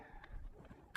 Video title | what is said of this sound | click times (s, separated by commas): Jump Start to your Oregon Metro Surface Pro and WIndows 8.1 | And once you do it, snaps. | 1.0 s